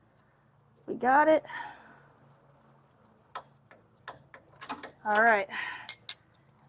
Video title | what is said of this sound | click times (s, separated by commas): Replacing Rear Stabilizer Bar Bushings & End Links | that's torqued. | 6.1 s